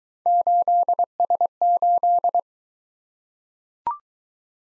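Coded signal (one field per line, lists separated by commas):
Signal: Morse code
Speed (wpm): 20 wpm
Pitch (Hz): 700 Hz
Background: none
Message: 8S8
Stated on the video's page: Morse drill of three-character letter-number combinations, speed-racing format starting fast and slowing to 15 wpm base; final repeat at maximum speed.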